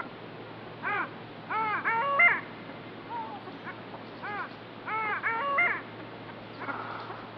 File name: Digiffects Sound Effects Library - Long Tailed Duck